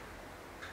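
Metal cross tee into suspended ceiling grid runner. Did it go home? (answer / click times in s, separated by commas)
no / none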